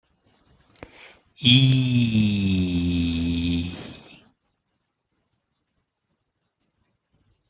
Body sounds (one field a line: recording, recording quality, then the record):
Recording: sustained vowel as in beet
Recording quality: excellent, no background noise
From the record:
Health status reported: healthy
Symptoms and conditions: hypertension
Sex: male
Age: 50 years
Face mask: not worn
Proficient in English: yes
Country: India